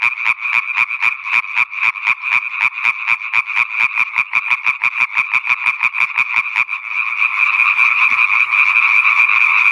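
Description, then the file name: Italian tree frog calling in a fast series of harsh clicks, which then merges into a dense continuous sound. "Raganella (Hyla intermedia)"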